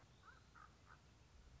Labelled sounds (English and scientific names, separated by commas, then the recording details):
Common Raven (Corvus corax)
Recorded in Sonoma County, California